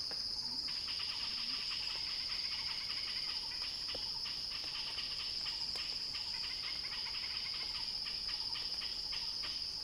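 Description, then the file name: Cicada song, a steady high, shrill buzz held without pause, with faint scattered chirps and a few low calls from other animals beneath it. Recorded by Axel Drioli; described as a cicada crescendo. "earth-fm Axel-Drioli Cicada-Crescendo-Sounding-Wild"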